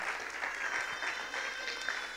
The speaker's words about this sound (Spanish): Si realmente te gusta estar en la casa de papá, en este equipo, yo te invito a que le des un fuerte aplauso a él. Realmente la gloria es para él.